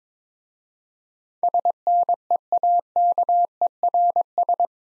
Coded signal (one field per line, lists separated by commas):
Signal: Morse code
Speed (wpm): 23 wpm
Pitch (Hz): 700 Hz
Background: none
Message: SNEAKERS